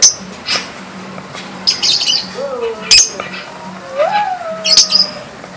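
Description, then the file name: Lovebird song of scattered sharp high chips with a few lower thin whistled slurs, over a steady low hum. Champion bird of a national lovebird singing contest. "Suara Lovebird Juara Lomba Nasional Si Gempol"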